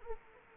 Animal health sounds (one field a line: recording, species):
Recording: mosquito wingbeat signal from an infrared sensor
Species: Culex quinquefasciatus